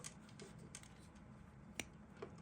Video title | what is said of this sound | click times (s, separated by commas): PENS SERVICED AND READY TO BE SHIPPED BACK HOME | As soon as you hear that little clicking noise, you can pull the snorkel tube out. | 1.8 s